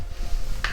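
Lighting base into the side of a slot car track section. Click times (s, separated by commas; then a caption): 0.6 s. A plastic track lighting base for Carrera slot car track is pushed into the side of a plastic track section. A short, sharp click at 0.6 s is heard over a low background hum, and the base seats cleanly into the track.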